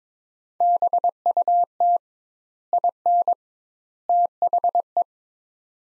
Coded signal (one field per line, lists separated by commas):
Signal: Morse code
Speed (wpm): 22 wpm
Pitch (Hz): 700 Hz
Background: none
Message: BUT IN THE